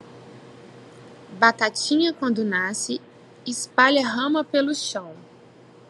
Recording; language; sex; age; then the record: short text; Brazilian Portuguese; female; 30 to 39 years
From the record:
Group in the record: control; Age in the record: 34 years